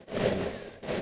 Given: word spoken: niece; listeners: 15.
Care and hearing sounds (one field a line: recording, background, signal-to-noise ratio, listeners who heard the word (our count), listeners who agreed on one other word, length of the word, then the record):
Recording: one English word in noise, from a listening test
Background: noise modulated by three-talker babble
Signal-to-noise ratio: -7.8 dB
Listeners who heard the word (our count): 1 of 15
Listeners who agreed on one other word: 6 of 15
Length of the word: 0.62 s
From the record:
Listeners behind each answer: 6, 2, 1, 1, 1, 1, 1, 1, 1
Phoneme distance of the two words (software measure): 10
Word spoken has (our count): 1 syllable, 3 phonemes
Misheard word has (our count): 1 syllable, 3 phonemes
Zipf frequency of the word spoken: 3.70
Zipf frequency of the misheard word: 4.74